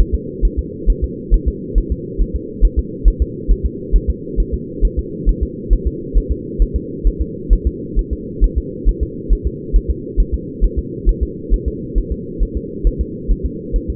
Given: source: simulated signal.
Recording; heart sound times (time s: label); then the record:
fetal heart sounds
0.00 s: S1
0.14 s: S2
0.45 s: S1
0.59 s: S2
0.90 s: S1
1.04 s: S2
1.34 s: S1
1.48 s: S2
1.78 s: S1
1.92 s: S2
2.21 s: S1
2.36 s: S2
2.65 s: S1
2.79 s: S2
3.08 s: S1
3.22 s: S2
3.51 s: S1
3.65 s: S2
3.96 s: S1
4.10 s: S2
4.40 s: S1
4.54 s: S2
4.85 s: S1
4.99 s: S2
5.29 s: S1
5.43 s: S2
5.73 s: S1
5.87 s: S2
6.17 s: S1
6.32 s: S2
6.62 s: S1
6.76 s: S2
7.07 s: S1
7.21 s: S2
7.53 s: S1
7.67 s: S2
7.99 s: S1
8.13 s: S2
8.44 s: S1
8.58 s: S2
8.89 s: S1
9.03 s: S2
9.33 s: S1
9.47 s: S2
9.76 s: S1
9.90 s: S2
10.20 s: S1
10.34 s: S2
10.64 s: S1
10.78 s: S2
11.09 s: S1
11.23 s: S2
11.54 s: S1
11.68 s: S2
11.98 s: S1
12.12 s: S2
12.43 s: S1
12.57 s: S2
12.87 s: S1
13.01 s: S2
13.31 s: S1
13.46 s: S2
13.76 s: S1
13.90 s: S2
From the record:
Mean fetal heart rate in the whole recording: 135 bpm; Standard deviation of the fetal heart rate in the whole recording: 3 bpm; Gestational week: 36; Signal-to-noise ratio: -4.1 dB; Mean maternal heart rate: no maternal heart sound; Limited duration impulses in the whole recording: absent